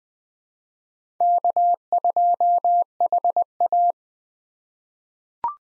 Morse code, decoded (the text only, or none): K2HA